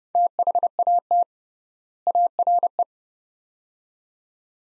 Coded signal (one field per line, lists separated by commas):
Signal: Morse code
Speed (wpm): 30 wpm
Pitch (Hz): 700 Hz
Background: none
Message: THAT ARE